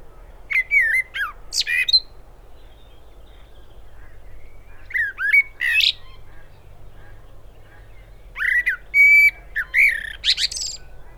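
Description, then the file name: Common blackbird delivering three fluty, gliding song phrases, each finishing in a high twittery squeak, with quiet gaps of a few seconds between them. "Turdus merula"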